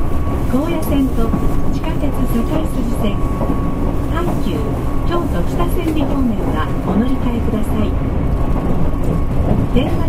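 Running sound from inside a Nankai 50000 series train: a steady, dense low rumble fills the whole ten seconds without letup. Voices of passengers talking weave through it, and a thin steady tone hangs above the rumble throughout.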